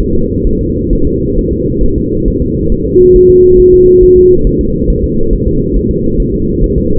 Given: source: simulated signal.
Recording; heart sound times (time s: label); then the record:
fetal heart sounds
0.00 s: S1
0.15 s: S2
0.47 s: S1
0.61 s: S2
0.93 s: S1
1.07 s: S2
1.39 s: S1
1.53 s: S2
1.84 s: S1
1.98 s: S2
2.28 s: S1
2.42 s: S2
2.72 s: S1
2.86 s: S2
3.16 s: S1
3.30 s: S2
3.60 s: S1
3.74 s: S2
4.03 s: S1
4.18 s: S2
4.47 s: S1
4.61 s: S2
4.90 s: S1
5.04 s: S2
5.33 s: S1
5.47 s: S2
5.76 s: S1
5.91 s: S2
6.20 s: S1
6.34 s: S2
6.64 s: S1
6.78 s: S2
From the record:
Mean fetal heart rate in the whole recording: 135 bpm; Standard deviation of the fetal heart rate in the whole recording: 3 bpm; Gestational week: 36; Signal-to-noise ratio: -16.4 dB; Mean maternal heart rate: 72 bpm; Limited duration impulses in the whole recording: present